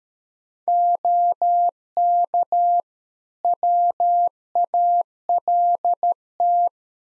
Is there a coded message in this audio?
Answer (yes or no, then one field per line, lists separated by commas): yes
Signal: Morse code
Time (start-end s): 0.7-6.7 s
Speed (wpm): 13 wpm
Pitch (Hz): 700 Hz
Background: none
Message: OK WALT